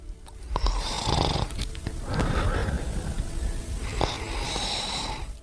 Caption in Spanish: El ronquido de un hombre cuya voz habéis escuchado durante muchos años. Cuando él está solo en su casa por la noche. Su pareja escucha esto.